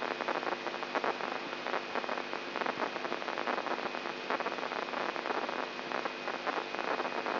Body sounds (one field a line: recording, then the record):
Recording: brain microelectrode recording played as sound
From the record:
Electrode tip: inside the subthalamic nucleus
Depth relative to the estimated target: -2 mm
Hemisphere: left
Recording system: AlphaMap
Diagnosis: Parkinson's disease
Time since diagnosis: 11 years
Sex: male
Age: 67 years